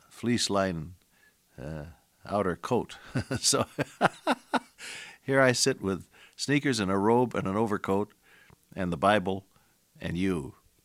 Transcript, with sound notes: fleece-lined outer coat. [laughter] so here I sit with sneakers and a robe and an overcoat and the Bible and you.